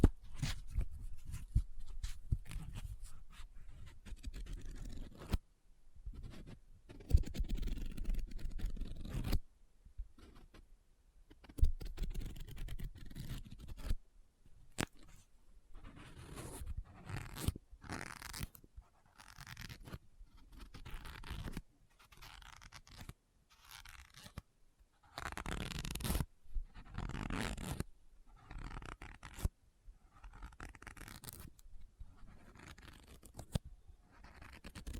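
Paper is folded, rubbed and crinkled in a series of bursts, each lasting a second or a few seconds, separated by short silent gaps. The first half has heavier, lower rubbing; later the sounds turn sharper and crisper, with brief scratchy strokes and crackles.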